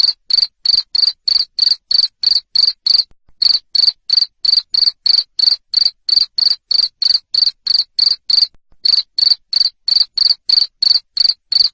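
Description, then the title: Cricket chirping loudly and steadily, high-pitched pulses around three a second, interrupted by two short gaps. Loud cricket chirping used to stimulate lovebirds to sing continuously. "Suara JANGKRIK NGERIK Keras Bikin LOVEBIRD Jadi NGEKEK Terus Vubey"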